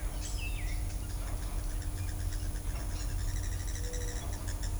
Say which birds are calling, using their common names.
Blue-gray Tanager, Gray-cowled Wood-Rail